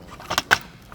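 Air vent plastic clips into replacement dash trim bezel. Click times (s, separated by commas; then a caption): 0.4 s, 0.5 s. An original air vent is pressed by hand into a new plastic dash trim bezel from a Hamilton Premium Conversion Kit for CarPlay and Android Auto on a 2016–2019 Toyota Tacoma. Two sharp plastic snaps are heard at 0.4 s and 0.5 s as the retaining clips seat, followed by a faint tick near 0.9 s. The vent is seated in the trim, with all three clips checked to be fully snapped in.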